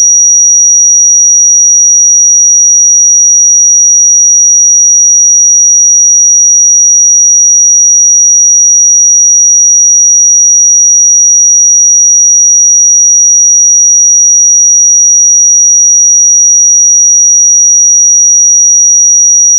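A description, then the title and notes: A pure sine tone at 5770 Hz holds perfectly steady for the full twenty seconds. The pitch is high and thin, with no wavering, breaks or change in loudness, and nothing else sounds behind it. 5770 Hz 1 Hz Interval Sine Pure Tone Frequency 441000 Sample Mono.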